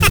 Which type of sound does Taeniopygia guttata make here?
tet call